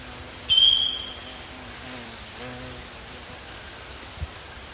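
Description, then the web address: Gray-tailed Piha giving a single thin, high, level whistle lasting under half a second, over a steady hiss of insects. Recorded in Ecuador. "Birds of Ecuador. Gray-tailed Piha"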